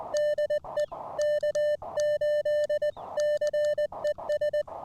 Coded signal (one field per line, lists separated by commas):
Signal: Morse code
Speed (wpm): 20 wpm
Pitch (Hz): 600 Hz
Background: music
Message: DE K8CES